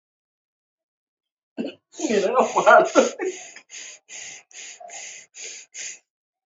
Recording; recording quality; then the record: shallow breathing; excellent, no background noise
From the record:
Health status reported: exposed to COVID-19, no respiratory illness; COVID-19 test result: negative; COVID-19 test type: RT-PCR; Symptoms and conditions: cough, cold, sore throat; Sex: female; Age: 32 years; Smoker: no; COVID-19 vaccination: both doses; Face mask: worn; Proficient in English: yes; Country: India